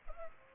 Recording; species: mosquito wingbeat signal from an infrared sensor; Culex pipiens